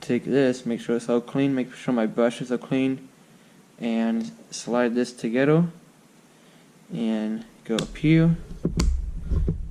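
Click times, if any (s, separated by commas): 8.8 s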